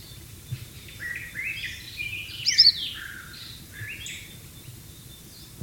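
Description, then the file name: White-rumped shama singing a short run of whistled phrases with a few sharp high notes, against background noise. "suara burung murai batu di alam liar"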